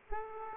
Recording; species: mosquito wingbeat signal from an infrared sensor; Aedes aegypti